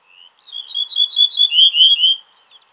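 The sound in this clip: Ortolan bunting song: a brief high introductory note, a string of even high notes, then three stronger, lower, drawn-out notes ending the phrase.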